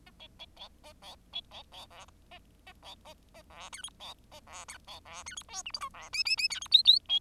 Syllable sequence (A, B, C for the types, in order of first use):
A B B C A C B C C D A A C A A D E F C A D E C D E F G H I J D K K K E F L L B